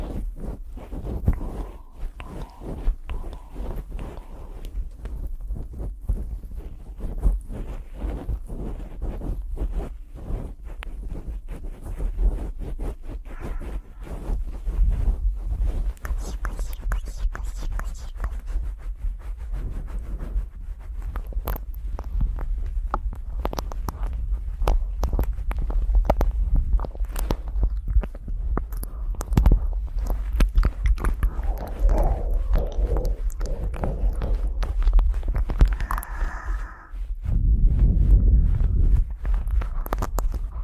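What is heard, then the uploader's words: Close, muffled rubbing and blowing sounds, as if right against the ear, with a constant low throbbing hum underneath. Soft crackles, taps and scratches come densely throughout, growing busier after about twenty seconds, with a brief deep rumbling burst near thirty-seven seconds. ASMR Ear Blowing & Cleaning.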